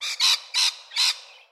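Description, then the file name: Lorikeet squawks, four harsh, noisy screeches in quick succession, the last trailing off. "BIRD LORRIKEETS"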